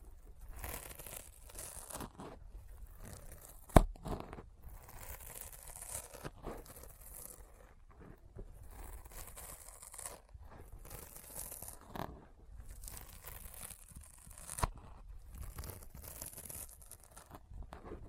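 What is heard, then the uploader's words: Sticky finger sounds: rapid, dense tacky peeling and crackling that comes in bursts, with bright hissy patches up high and short pauses between them. A sharp snap near 4 seconds stands out, with smaller pops around 12 and 14.5 seconds. ASMR Intense Sticky Finger Sounds (No Talking).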